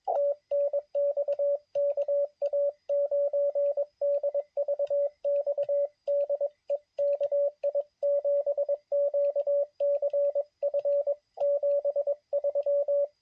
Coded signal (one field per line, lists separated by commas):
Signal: Morse code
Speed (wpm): 21 wpm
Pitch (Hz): 560 Hz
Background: radio noise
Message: TNX KA9DVX DE KI7QCF 73